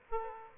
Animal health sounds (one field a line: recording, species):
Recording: mosquito wingbeat signal from an infrared sensor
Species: Aedes aegypti